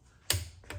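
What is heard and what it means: A torque wrench tightens a head bolt on the cylinder of a small go-kart engine to a setting of 17 lb-ft. It gives a sharp, bright click at 0.3 s as it reaches the setting, followed by a fainter tick around 0.7 s. The bolt holds without snapping.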